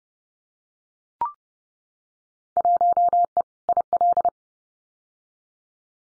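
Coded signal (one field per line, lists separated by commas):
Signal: Morse code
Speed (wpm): 30 wpm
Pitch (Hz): 700 Hz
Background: none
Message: 1E IL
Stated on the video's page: Computer-generated Field Day contest exchange copying drill at 30 wpm, exchanges randomly selected, each sent twice with spoken answer between.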